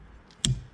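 A new retrofit flat wiper blade for a Mk4 Golf GTI is guided onto the windscreen wiper arm adapter and pushed until it locks. After a faint tick at 0.3 s, a single sharp, loud click sounds at 0.5 s, and the blade is seated on the arm.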